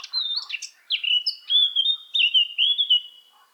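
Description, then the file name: Eurasian blackcap giving a short strophe of rich, fluty whistles, sliding and looping notes delivered in quick succession after a brief scratchy start. "Sylvia atricapilla"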